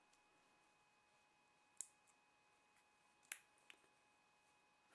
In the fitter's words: it just simply clicks into place.